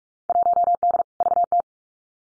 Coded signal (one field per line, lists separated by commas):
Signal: Morse code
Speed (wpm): 46 wpm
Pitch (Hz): 700 Hz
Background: none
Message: 1D VT